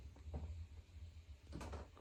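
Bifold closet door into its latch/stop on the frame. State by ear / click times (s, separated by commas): not seated / none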